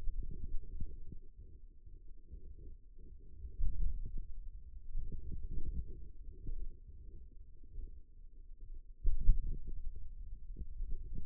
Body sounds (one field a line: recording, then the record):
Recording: forearm muscle sounds (acoustic myography)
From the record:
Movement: wrist flexion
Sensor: system 2, bracelet of six BSWA MPA416 microphones around the upper forearm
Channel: 3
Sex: male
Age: 22 years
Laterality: right